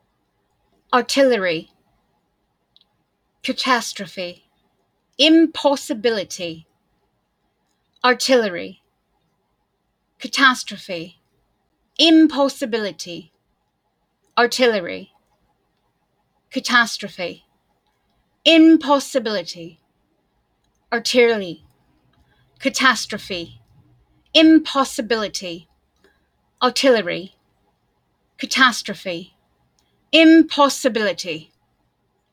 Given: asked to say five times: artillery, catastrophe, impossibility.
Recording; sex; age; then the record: three words, each repeated; female; 40 to 49 years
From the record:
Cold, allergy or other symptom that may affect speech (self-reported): no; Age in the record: 48 years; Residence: Oregon, United States